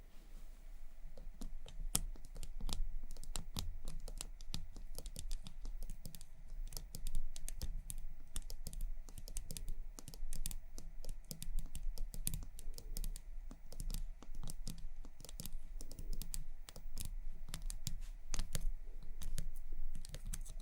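Quick, sharp tapping runs through the whole clip, dense and fairly irregular, with clusters of crisp clicks that sound much like typing on a keyboard. Faint scratchy rustles sit between the taps over a low steady hum underneath.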